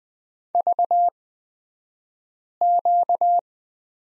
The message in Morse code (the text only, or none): VQ